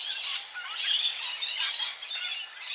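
Budgerigar chattering: a continuous, high-pitched warble of quick chirps, squeaks and trills.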